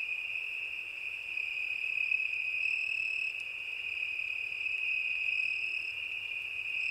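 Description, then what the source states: Crickets keep up a constant shrill trill, even and unbroken throughout, with a faint low rumble beneath and one short click. Crickets at night.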